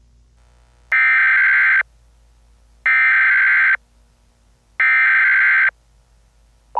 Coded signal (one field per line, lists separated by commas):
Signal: Emergency Alert System (SAME) tones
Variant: header bursts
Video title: EAS Scenario #57: Project Gray